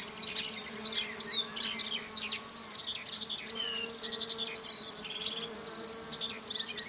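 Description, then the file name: Cricket: a shrill, continuous high buzz runs alongside lively lark warbling and scattered whistled notes, with a soft low hum throughout. In a field, with larks singing alongside the crickets. "Sounds from a Field Larks and Crickets"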